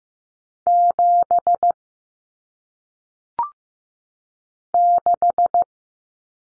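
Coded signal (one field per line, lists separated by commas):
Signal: Morse code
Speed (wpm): 15 wpm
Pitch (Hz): 700 Hz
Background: none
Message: 7 6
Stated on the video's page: Morse practice of single-digit numbers at 15 wpm, each sent, then spoken, then sent again.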